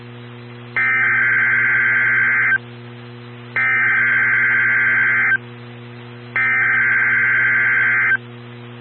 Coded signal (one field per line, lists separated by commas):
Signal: Emergency Alert System (SAME) tones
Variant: header bursts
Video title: Tornado Watch #207 (5/23/20) [EAS #25]